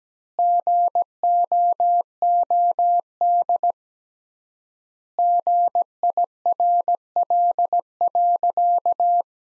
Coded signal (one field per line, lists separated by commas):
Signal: Morse code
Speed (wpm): 17 wpm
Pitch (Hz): 700 Hz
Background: none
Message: GOOD GIRL.